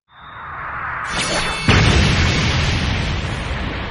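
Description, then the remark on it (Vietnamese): A rising whoosh builds into a heavy explosion, with a sharp blast at about one and a half seconds followed by a loud, rumbling roar that sustains to the end. “Trong tiếng nổ vang thì thân thể của gã lập tức bị đánh lui ra phía sau mấy trăm trượng”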